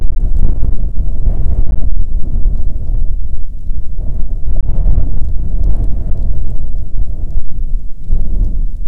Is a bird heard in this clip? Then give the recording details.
no. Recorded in the Prudhoe Bay oil fields, Alaska, on 5 June 2019 at 00:00. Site 13